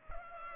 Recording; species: mosquito wingbeat signal from an infrared sensor; Culex pipiens